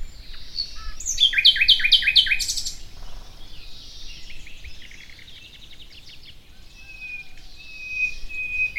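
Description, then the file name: Common nightingale song: an opening run of loud, fast repeated chirps, then quieter stuttering phrases and a thin sustained whistle at the end. "Luscinia megarhynchos"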